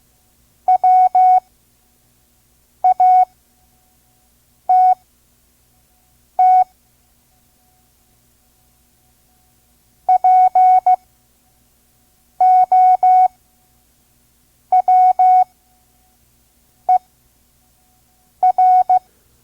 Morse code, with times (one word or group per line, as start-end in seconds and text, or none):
0.7-6.6 WATT
10.1-19.0 POWER